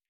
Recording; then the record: hydrophone in a shrimp aquaculture tank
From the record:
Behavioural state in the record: normal